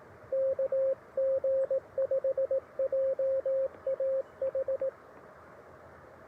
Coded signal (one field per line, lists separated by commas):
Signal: Morse code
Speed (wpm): 18 wpm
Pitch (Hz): 530 Hz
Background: radio noise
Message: KG5JAH